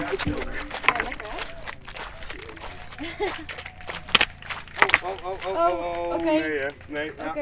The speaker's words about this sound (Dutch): Als je daar loopt, heb je ook nog die sappige geluiden. Maar kijk, zullen we even de sappige geluiden laten lopen.